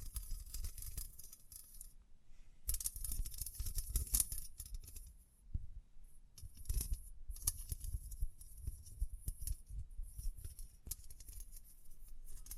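Tapping, scratching and brushing sounds run almost continuously, a dense stream of crisp, bright clicks and scrapes with a low thumping underneath. Busy bursts come around 3–4 seconds and 7 seconds, with a brief near-silence near 2.5 seconds and a softer stretch around 5 seconds.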